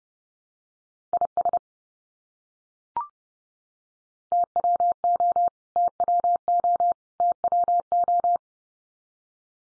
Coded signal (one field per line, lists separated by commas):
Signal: Morse code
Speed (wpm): 30 wpm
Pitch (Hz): 700 Hz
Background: none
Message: IS TWO TWO TWO